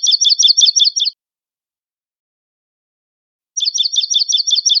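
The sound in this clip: Dark-eyed junco: two rapid, level trills of sharp high notes, separated by a few seconds of quiet.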